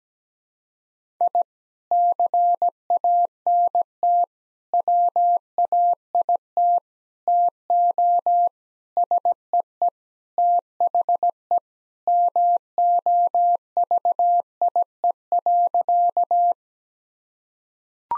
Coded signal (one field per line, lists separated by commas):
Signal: Morse code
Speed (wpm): 17 wpm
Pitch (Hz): 700 Hz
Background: none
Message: I CANT WAIT TO SEE THE MOVIE.